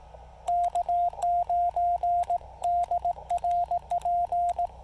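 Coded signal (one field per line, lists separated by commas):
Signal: Morse code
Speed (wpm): 18 wpm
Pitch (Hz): 700 Hz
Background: radio noise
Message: K9DRP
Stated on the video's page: QRP CW park activation using a Yaesu FT-817ND, Elecraft T1 tuner and a wire antenna.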